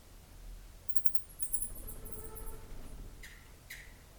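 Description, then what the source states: Bat squeaks: a burst of high, shrill chirps near the start, then two brief clicks, against a constant low rumble. Bats in Burma.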